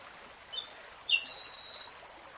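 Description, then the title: Nightingale song phrase: a few short high notes, then a sustained high whistled tone, over faint background hiss. Nightingale singing in real time. "[Tiếng chim hót] Nightingale Singing"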